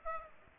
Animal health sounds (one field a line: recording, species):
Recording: mosquito wingbeat signal from an infrared sensor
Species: Aedes aegypti